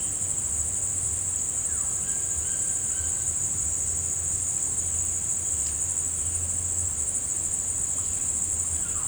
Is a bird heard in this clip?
no